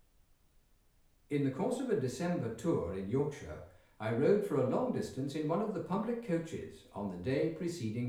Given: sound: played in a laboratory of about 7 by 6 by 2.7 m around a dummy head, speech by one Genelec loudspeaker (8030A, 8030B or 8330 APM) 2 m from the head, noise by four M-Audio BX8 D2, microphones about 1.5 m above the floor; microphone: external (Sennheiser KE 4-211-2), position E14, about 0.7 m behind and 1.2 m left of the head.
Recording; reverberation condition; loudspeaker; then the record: male speech in English; medium; 150 degrees to the right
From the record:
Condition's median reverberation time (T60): about 510 ms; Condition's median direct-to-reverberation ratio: about -0.5 dB